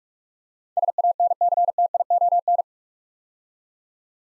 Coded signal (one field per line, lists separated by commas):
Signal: Morse code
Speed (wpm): 46 wpm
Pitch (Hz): 700 Hz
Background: none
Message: SANCTION